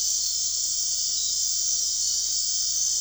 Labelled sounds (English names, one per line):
none